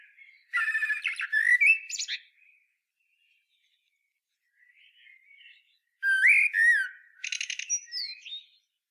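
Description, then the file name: Common blackbird singing two phrases a few seconds apart, each mixing low fluted whistles with scratchy high twittering, soft warbles between. "Turdus merula"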